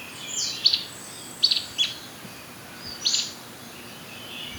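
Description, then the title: Black-crested warbler giving clipped high call notes in small clusters, irregularly spaced, with quiet background noise. "Myiothlypis Nigrocristata"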